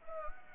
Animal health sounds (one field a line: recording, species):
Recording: mosquito wingbeat signal from an infrared sensor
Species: Anopheles arabiensis